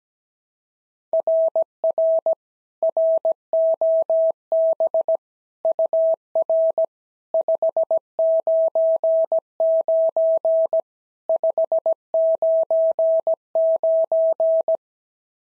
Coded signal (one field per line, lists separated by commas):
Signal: Morse code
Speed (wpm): 16 wpm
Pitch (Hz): 650 Hz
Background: none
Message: RR ROB UR 599 599